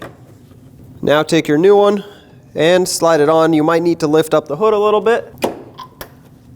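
Someone talks while the lower end of a new hood lift support strut on a 2005–2016 Lexus IS250 is pushed onto the bottom body ball stud, with the hood lifted slightly. A sharp snap at 6.0 s marks the strut end seating onto the ball stud.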